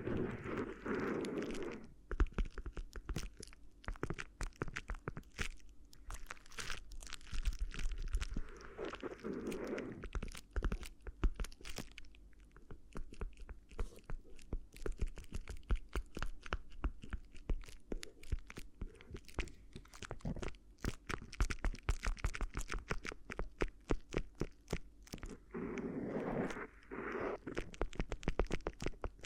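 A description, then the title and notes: Crinkly ear massage with dense, rapid crackling and crunching throughout, plus brief swelling rubbing sweeps near the start, around ten seconds, and near twenty-six seconds. ASMR Addictive Crinkly Ear Massage (No Talking).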